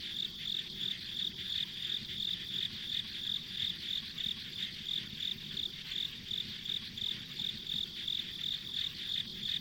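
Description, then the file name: Insects calling, an unbroken high buzzing trill beating in steady pulses, with muffled low background noise. Ambient insect sounds recorded on a country road. "田舎道の虫の環境音"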